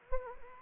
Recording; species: mosquito wingbeat signal from an infrared sensor; Anopheles gambiae